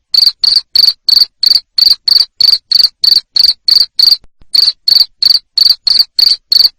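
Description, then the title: Cricket with a clear, strident chirp repeated steadily about three times a second, one brief pause midway. Loud cricket chirping used to make lovebirds sing continuously. "Suara JANGKRIK NGERIK Keras Bikin LOVEBIRD Jadi NGEKEK Terus"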